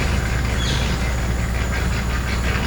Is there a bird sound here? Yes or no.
no